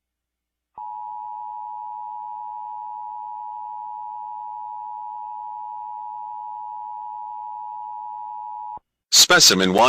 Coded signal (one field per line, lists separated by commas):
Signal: Emergency Alert System (SAME) tones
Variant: 853 and 960 Hz attention tone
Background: speech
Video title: ThisIsNotATest EAS and EBS Mock Videos - Season 3